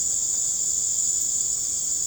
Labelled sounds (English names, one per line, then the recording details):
none
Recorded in secondary vegetation near Puerto Asís, Putumayo, Colombia, on 20 December 2024 at 19:30
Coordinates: 0.489, -76.322
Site G059